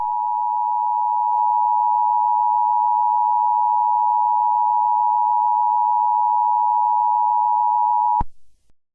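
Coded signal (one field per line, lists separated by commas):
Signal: Emergency Alert System (SAME) tones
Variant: 853 and 960 Hz attention tone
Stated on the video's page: Fictional EAS scenario, a simulated alert with loud noises.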